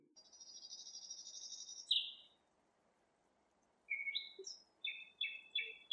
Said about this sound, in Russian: И тотчас же соловьиное щелканье, отдававшееся по саду, стало слышнее